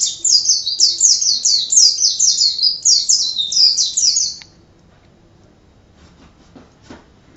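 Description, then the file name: White-eye delivering one quick phrase of high, rhythmic chirping notes, about four seconds long, followed by near silence with faint background noise. Excited song style called ngalas. "suara burung pleci ngalas omkicaudotcom"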